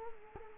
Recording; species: mosquito wingbeat signal from an infrared sensor; Culex quinquefasciatus